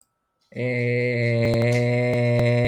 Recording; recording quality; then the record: sustained vowel as in beet; excellent, no background noise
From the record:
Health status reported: healthy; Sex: male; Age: 30 years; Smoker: yes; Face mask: not worn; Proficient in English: yes